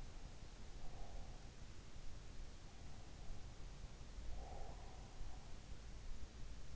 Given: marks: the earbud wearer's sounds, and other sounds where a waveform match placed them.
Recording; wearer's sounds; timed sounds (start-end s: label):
sounds in sleep by an in-ear microphone; breath
0.52-1.72 s: breath
4.05-5.53 s: breath